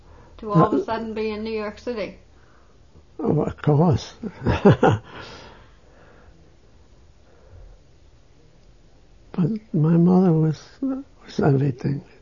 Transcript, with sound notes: to all of a sudden be in New York City.
Oh, of course. (he laughs) My mother was everything.